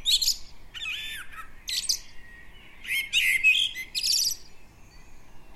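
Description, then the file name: Common blackbird: several bursts of high, squeaky, twittering notes with short quiet pauses between. "Turdus merula 180806"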